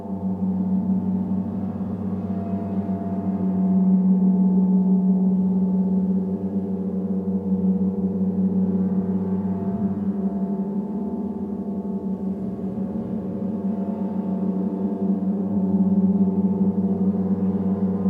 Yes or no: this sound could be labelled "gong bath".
yes